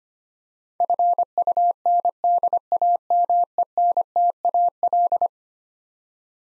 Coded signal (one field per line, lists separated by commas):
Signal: Morse code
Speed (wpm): 25 wpm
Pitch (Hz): 700 Hz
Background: none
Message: FUNDAMENTAL